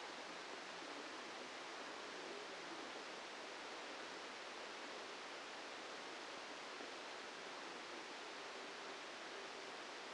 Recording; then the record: brain microelectrode recording played as sound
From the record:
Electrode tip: outside the subthalamic nucleus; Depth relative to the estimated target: 3 mm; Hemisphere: left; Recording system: NeuroSet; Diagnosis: Parkinson's disease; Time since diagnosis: 8 years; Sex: male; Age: 65 years